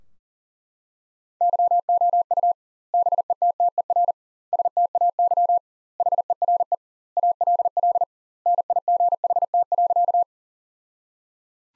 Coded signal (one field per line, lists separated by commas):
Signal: Morse code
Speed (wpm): 40 wpm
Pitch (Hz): 700 Hz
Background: none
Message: YOU BETTER STAY HERE ALL NIGHT.